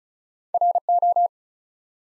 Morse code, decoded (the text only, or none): RO